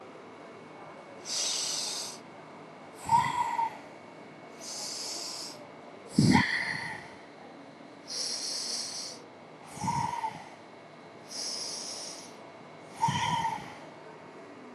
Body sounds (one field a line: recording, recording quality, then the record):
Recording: deep breathing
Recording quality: excellent, no background noise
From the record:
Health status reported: healthy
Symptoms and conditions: none ticked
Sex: male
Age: 40 years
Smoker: not ticked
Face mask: not worn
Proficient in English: yes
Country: India